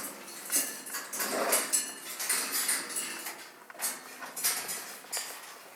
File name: molukkskii kakadu cacatua moluccensis rucnye ptency iz pitomnika